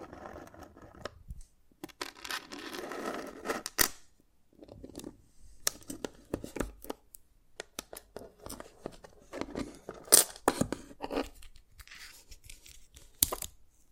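Dalgona candy is tapped and cracked in irregular bursts: sharp bright snaps and clicks, with a louder scraping stretch around two to four seconds.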